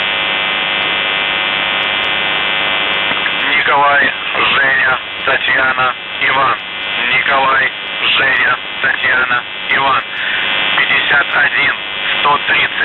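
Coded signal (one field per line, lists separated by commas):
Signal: numbers station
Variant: UVB-76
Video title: The Buzzer/UVB-76(4625Khz) June 2nd, 2023 09:49UTC Voice message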